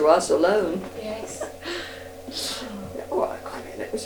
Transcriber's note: laughs